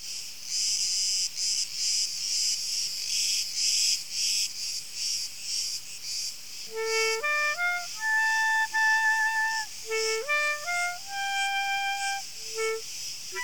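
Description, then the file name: Cricket song as a rapid pulsing high buzz for about seven seconds, then steady whistled tones stepping up and down in pitch take over. "Grillen"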